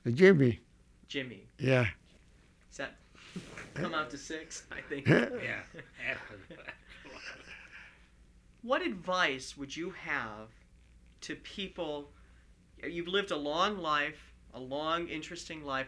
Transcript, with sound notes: Jimmy.
Jimmy.
Yeah.
Does that come out to six, I think? ( he laughs ) What advice would you have to people, you've lived a long life, a long, interesting life.